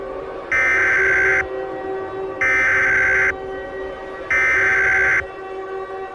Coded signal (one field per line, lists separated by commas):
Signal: Emergency Alert System (SAME) tones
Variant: header bursts